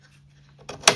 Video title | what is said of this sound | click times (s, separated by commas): CARABC BMW CarPlay Review | toggle in there locks locks the whole thing in place. | 0.9 s